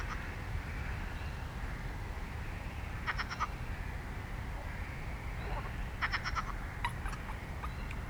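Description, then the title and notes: Frogs calling in short clicking, rattling bursts, a few pulses each, repeated irregularly over a steady low rumble. At night around 01:30, sound trap at the Roselière des Gourgues reedbed, Fenouillet, France; frogs timidly starting to call again after the owl. "42 Rue des Gourgues, 31150 Fenouillet, France - Piège à son : une nuit à lécoute de la Roselière des Gourgues. Avant que timidement, mais surement, nos grenouilles reprennent un peu de la voix"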